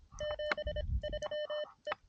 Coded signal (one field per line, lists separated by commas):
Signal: Morse code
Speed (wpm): 26 wpm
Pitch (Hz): 600 Hz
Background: none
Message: 73 E